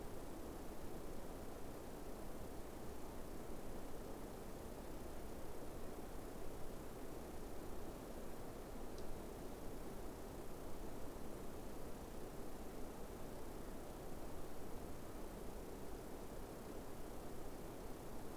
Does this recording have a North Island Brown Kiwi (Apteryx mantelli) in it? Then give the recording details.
no. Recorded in New Zealand on 5 November 2015. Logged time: 22:59. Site CQ72